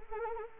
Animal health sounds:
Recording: mosquito wingbeat signal from an infrared sensor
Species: Anopheles arabiensis

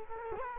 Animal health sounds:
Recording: mosquito wingbeat signal from an infrared sensor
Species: Culex quinquefasciatus

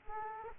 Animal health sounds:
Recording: mosquito wingbeat signal from an infrared sensor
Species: Aedes aegypti

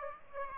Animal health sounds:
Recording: mosquito wingbeat signal from an infrared sensor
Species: Aedes aegypti

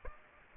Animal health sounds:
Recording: mosquito wingbeat signal from an infrared sensor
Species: Aedes aegypti

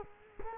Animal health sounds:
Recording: mosquito wingbeat signal from an infrared sensor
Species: Culex quinquefasciatus

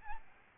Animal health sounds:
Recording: mosquito wingbeat signal from an infrared sensor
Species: Aedes albopictus

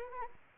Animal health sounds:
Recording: mosquito wingbeat signal from an infrared sensor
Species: Anopheles arabiensis

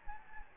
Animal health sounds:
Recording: mosquito wingbeat signal from an infrared sensor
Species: Anopheles gambiae

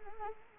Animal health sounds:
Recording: mosquito wingbeat signal from an infrared sensor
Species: Anopheles arabiensis

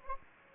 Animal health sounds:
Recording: mosquito wingbeat signal from an infrared sensor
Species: Anopheles gambiae

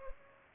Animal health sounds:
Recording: mosquito wingbeat signal from an infrared sensor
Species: Culex pipiens

